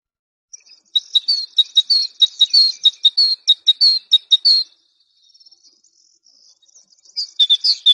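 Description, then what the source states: Great tit song: a steady string of high two-note phrases for several seconds, a pause with faint twitters, then the phrases start again. Songbird training recording (Indonesian 'suara masteran').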